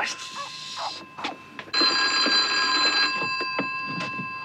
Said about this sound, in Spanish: ¿Crees que debemos contestar el teléfono?